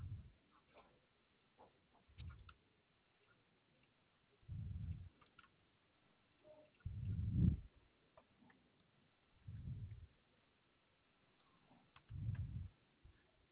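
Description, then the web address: Koala bellowing, deep low grunting bursts of under a second, repeated at fairly regular intervals, with faint clicks and ticks between them. Recording dated 6 2 2021. "Koala CS HMCrecordings 6 2 2021"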